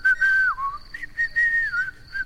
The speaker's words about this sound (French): Si, les fantômes parlent. Eh ben, dans ce cas, les fantômes ne sifflent pas. Et moi, je siffle. Écoute.